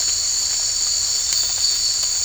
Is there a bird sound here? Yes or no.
no